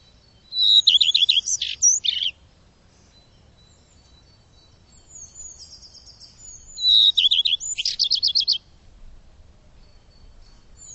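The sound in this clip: Bird twittering twice, each burst a quick run of high rippling and sweeping chirps lasting under two seconds, separated by a quiet pause.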